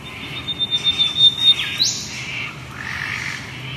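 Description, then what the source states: Lyrebird song: a long, thin, steady whistle that suddenly leaps upward, followed by softer falling and rising sweeps. Ridge Track, Tacoma, Victoria; sent in by listener Di McKenzie.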